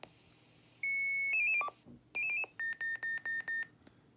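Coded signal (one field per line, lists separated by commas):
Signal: five-tone selective call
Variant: European Select-5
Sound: steady whistle, quick five-tone sequence, reply sequence, then five short beeps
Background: room hum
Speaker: This function is called the Silent Radio Check. You can use this to check if the other radio is switched on or not.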